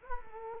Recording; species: mosquito wingbeat signal from an infrared sensor; Culex quinquefasciatus